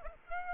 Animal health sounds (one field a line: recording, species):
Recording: mosquito wingbeat signal from an infrared sensor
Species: Aedes aegypti